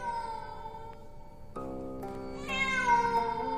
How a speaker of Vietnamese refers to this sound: bất chợt ở đằng xa, đâu đó văng vẳng lên trong không gian, tiếng con mèo kêu. Con mèo kêu lên vô cùng thê thiết.